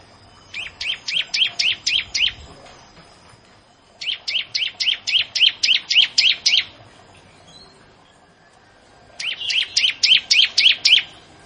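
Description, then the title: Bar-winged prinia song in three bursts, each a rapid string of several bright, high chirps, with short quiet gaps between bursts. "Ciblek Sawah"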